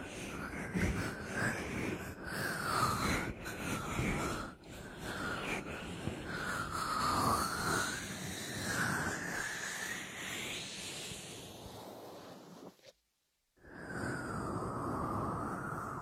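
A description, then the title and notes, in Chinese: An ear massage with essential oil: dense, wet squishing and crackling rub against the microphone in quick, uneven strokes, with a thin whistly ring running through. Near thirteen seconds the sound drops out completely for a moment, then the slick rubbing resumes. 精油开耳。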